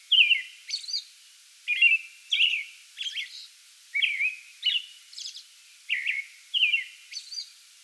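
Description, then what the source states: American robin caroling with whistled phrases and brief high hisselly notes, short gaps between groups, singing steadily throughout. Pre-dawn song bout recorded 8 May 2022.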